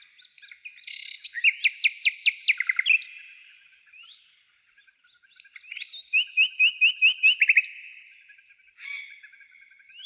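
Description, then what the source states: Nightingale song: two bursts of loud, rapidly repeated rising notes, each followed by quieter whistles and chirps, with a short silence between phrases. Trill.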